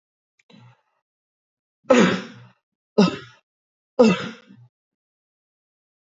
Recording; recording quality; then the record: heavy voluntary cough; excellent, no background noise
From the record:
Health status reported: healthy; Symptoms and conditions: diabetes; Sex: male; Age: 36 years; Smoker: not ticked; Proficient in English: yes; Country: India